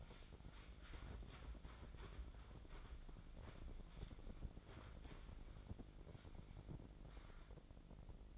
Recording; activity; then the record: daily activity, microphone in the room; wipe stove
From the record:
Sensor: 5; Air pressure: 1012.4 hPa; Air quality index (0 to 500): 156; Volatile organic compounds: 2 ppm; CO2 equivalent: 1062 ppm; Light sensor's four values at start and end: 190/453/194/224 and 187/447/192/220